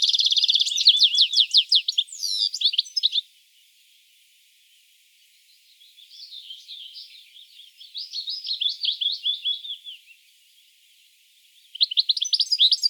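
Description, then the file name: European goldfinch calling: rapid tinkling, twittering phrases at the start, softer chatter in the middle, and loud twitters again near the end. "Carduelis carduelis"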